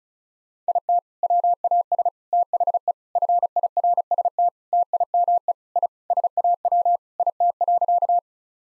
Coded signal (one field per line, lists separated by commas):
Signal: Morse code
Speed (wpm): 34 wpm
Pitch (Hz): 700 Hz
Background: none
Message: IT WAS THE FIRST TIME I SAW IT.